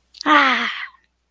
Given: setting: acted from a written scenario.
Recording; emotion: vocal sound without words; pride